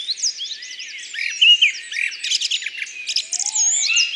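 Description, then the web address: Song thrush singing varied phrases: looping whistles, then bursts of sharp clicky notes, with a lower drawn-out whistle near the end. "Grive musicienne. abc de la nature"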